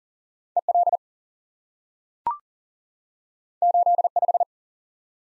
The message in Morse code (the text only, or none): EL 85